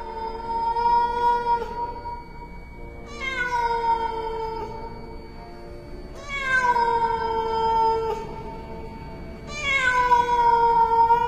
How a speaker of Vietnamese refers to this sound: Bất thình lình ở ngoài cửa có tiếng mèo kêu não lòng giữa đêm khuya, nó như tiếng trẻ con đang kêu khóc vậy.